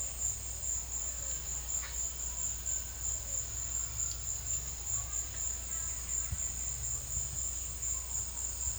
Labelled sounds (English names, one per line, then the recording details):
none
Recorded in secondary vegetation near Puerto Asís, Putumayo, Colombia, on 8 March 2025 at 17:00
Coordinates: 0.498, -76.327
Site G001